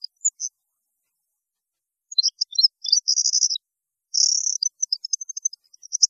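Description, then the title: European goldfinch song, high twittering phrases with buzzy rattled trills and rapid chirps, broken by a short silent spell. "Chant Chardonneret"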